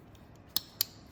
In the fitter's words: and click it in. That's it, it's all set.